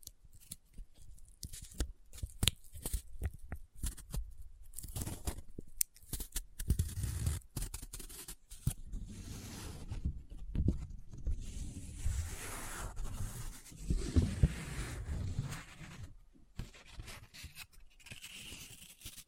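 Paper being folded, rubbed and crinkled in irregular bursts of dry crackles and scratches, denser and busier from about seven seconds onward.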